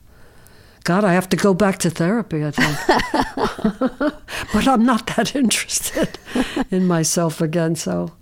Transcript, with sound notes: God, I have to go back to therapy, I think.
(LAUGHTER)
But I'm not that interested in myself again.